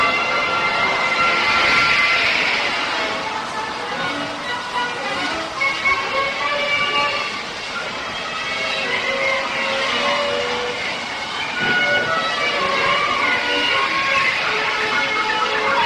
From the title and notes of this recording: A trip to Disneyland circa 1985. Joe made these recordings in 1985: Disneyland's 30th Anniversary...